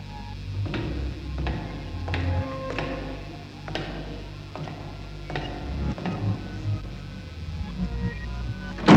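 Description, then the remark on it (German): A door being closed again so that another door below can be opened, as a security device requires, heard as a series of sharp mechanical clicks and clunks at irregular intervals over a low rumble, with no voices and a louder knock at the very end. “Aber warum schließt du wieder die Tür?”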